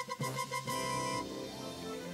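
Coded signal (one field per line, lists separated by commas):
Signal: none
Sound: video game sound effects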